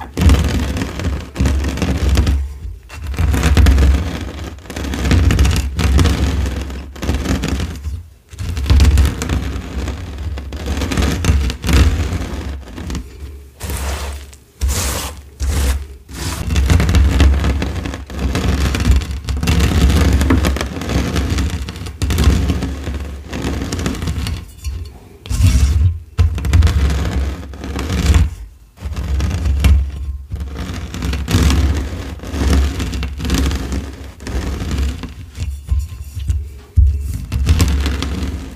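Dyed gym chalk is chopped and crushed, a dense, gritty crunching with a heavy low thud beneath it. The sound runs almost continuously, broken by brief silent pauses every few seconds, notably around 8, 14, 25 and 34 seconds.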